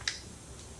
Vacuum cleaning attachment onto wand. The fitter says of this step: and slide it on so you hear it click.